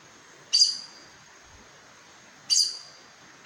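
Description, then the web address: Aracari giving two sharp, high squeaky notes about two seconds apart, with the start of a third at the end, over soft hiss. "sound Aracari. صدای-پرنده-پرزبان"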